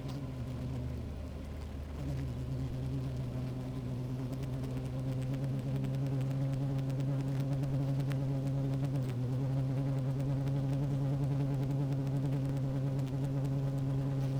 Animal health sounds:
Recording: honeybee colony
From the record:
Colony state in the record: active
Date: 28 July 2017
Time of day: 15:05

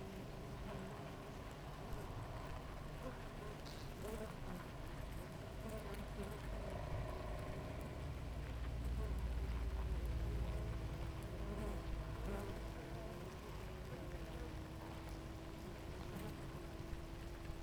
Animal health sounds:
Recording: honeybee colony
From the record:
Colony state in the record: active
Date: 28 July 2017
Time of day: 6:45

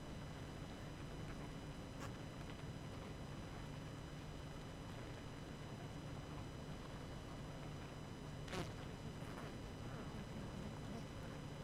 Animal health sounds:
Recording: honeybee colony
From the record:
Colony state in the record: active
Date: 12 June 2018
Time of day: 19:47

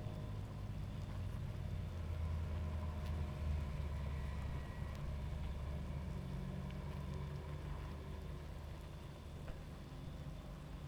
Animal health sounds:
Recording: honeybee colony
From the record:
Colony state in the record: active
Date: 28 July 2017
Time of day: 23:09

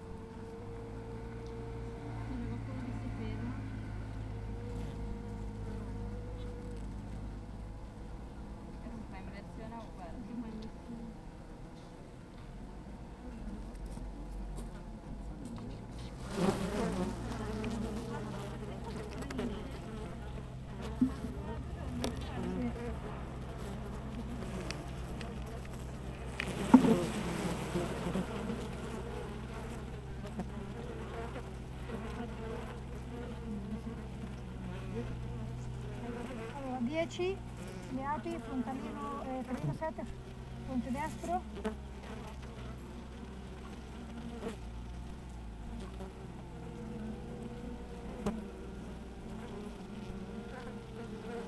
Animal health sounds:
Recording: honeybee colony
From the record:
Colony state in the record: active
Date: 28 July 2017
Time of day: 8:05

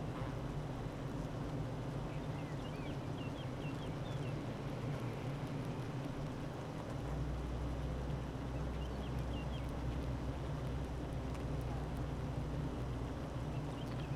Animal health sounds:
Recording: honeybee colony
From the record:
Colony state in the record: active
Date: 12 June 2018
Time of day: 9:03

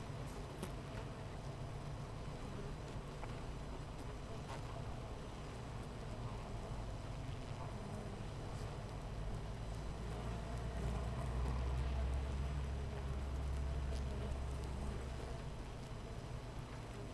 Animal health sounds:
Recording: honeybee colony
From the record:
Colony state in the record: missing queen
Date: 14 July 2017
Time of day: 8:13

